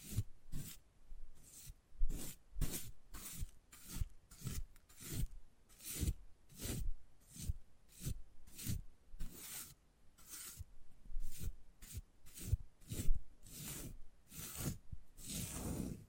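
Wood carving with rapid, rhythmic rasping scrapes, about two per second, each stroke bright and gritty with a dull thud underneath.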